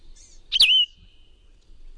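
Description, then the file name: Plumbeous vireo song: a single short, slurred phrase that drops in pitch, then rings on as a thin held tone before fading. "PLVI song"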